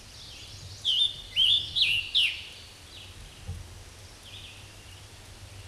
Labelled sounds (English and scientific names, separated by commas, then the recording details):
Scarlet Tanager (Piranga olivacea) song
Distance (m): 10 m
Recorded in a Pennsylvania forest on 19 May 2023 at 10:24
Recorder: AudioMoth, point grid1_30_low
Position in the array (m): 180 m, 67 m